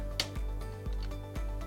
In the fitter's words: pull on the bottom a little bit harder until it clicks